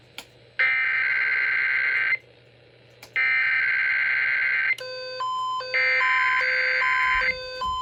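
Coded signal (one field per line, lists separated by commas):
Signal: Emergency Alert System (SAME) tones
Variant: header bursts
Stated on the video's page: EAS test on a broadcast station, plus a relay through a SAGE EAS unit.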